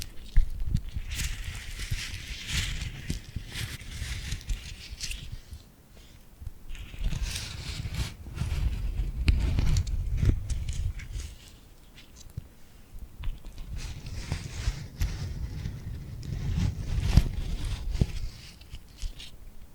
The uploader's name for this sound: Tingly Glued Hand Sounds